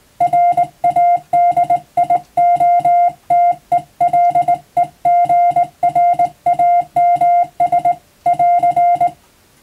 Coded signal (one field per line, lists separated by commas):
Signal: Morse code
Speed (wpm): 20 wpm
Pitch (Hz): 700 Hz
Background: music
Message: RADIOTELEGRAMS <AR>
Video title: 無線通信士の国家試験の練習風景です。電鍵を操作する電気通信術の実技試験もあります。アマチュア無線ハムの受信練習にもどうぞ(morse code practice radio operator )